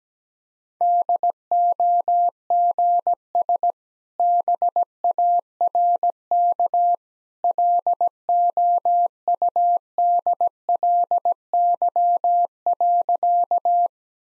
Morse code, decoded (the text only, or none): DOGS BARK LOUDLY.